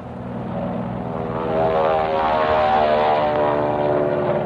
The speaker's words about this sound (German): Am späten Nachmittag kommen Flugzeuge. Spitfire und Mustangs.